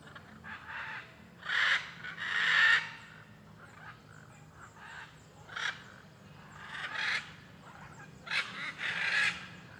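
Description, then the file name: Blue-and-yellow macaw calls: raucous, rasping squawks in irregular bursts, loudest near the start, fainter calls following, over a low hum. Many macaws calling along a street in Alto Paraíso, Cerrado, Brazil. "Rua em Alto Paraiso com muitas araras cantando e carros passando"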